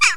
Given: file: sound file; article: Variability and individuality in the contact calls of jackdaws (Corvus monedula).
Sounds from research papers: jackdaw call; harmonic

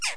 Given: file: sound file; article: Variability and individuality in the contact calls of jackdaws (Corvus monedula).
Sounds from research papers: jackdaw call; noisy

